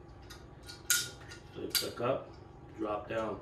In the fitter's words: and so it has this lever here which is magnetic you hear it click